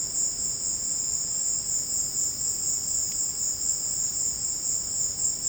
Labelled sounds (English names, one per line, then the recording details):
none
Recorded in secondary vegetation near Puerto Asís, Putumayo, Colombia, on 24 March 2025 at 16:00
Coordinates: 0.488, -76.319
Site G095